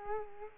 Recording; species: mosquito wingbeat signal from an infrared sensor; Culex quinquefasciatus